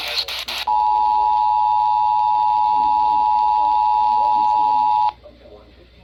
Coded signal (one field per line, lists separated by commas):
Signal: Emergency Alert System (SAME) tones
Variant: 853 and 960 Hz attention tone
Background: speech